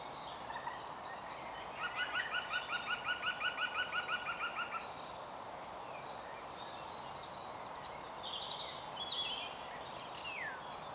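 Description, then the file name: European green woodpecker giving a laughing call, a fast even series of many ringing notes over about three seconds, with other small birds chirping and a steady rushing background. "Groene Specht Picus viridis"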